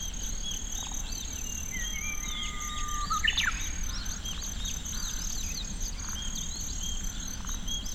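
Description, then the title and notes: Kinhibari cricket song, a sustained high trill with pulses above it, as birds sing around it, including long whistled notes and a loud sharp call midway. Recorded in Tsuruoka City with a ZOOM F6 and Sennheiser MKH802. "鶴岡市のキンヒバリの声"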